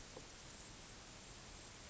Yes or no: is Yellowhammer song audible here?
no